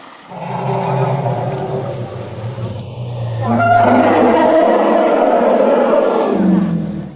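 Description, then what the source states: Elephant roaring, a low droning rumble with steady harmonics for about three seconds, then a louder, rougher, broader roar that holds before fading out. A huge elephant roaring while washing itself.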